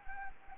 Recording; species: mosquito wingbeat signal from an infrared sensor; Anopheles gambiae